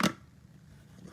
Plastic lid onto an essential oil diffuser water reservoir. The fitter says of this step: kind of snap into place